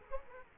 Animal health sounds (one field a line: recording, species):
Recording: mosquito wingbeat signal from an infrared sensor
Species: Culex quinquefasciatus